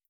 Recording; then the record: hydrophone in a shrimp aquaculture tank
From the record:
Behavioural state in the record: feeding